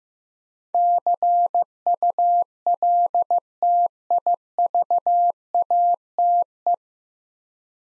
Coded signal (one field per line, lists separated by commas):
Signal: Morse code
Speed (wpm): 16 wpm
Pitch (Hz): 700 Hz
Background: none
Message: CULTIVATE